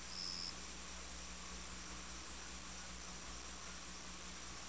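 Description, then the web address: Crickets chirping, high-pitched pulses repeated rapidly, with a low steady hum and background hiss underneath. Crickets in a cemetery. "brainbread sound cemetary crickets"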